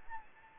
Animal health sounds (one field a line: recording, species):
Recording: mosquito wingbeat signal from an infrared sensor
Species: Anopheles arabiensis